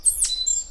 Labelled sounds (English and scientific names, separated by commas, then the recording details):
Stitchbird (Notiomystis cincta) song
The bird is a male
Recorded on Tiritiri Matangi Island, New Zealand, in 2005
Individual 10, of nest box 12